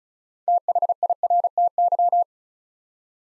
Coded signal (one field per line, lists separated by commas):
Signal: Morse code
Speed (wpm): 36 wpm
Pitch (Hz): 700 Hz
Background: none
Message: THIRTY